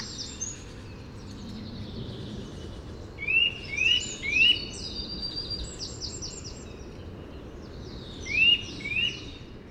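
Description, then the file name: Eurasian nuthatch calling with short, upward-slurred notes, three in quick succession and then two more. "Sitta europaea"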